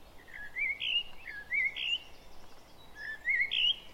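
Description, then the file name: Common blackbird giving two warbled, fluting phrases separated by a short pause, each with slurred rising and falling notes, against light hiss. "Turdus merula"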